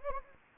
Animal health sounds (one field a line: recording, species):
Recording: mosquito wingbeat signal from an infrared sensor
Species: Anopheles gambiae